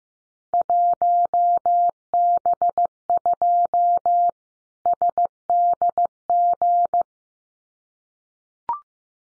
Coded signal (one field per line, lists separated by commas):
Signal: Morse code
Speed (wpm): 15 wpm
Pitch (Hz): 700 Hz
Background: none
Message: 1B2 SDG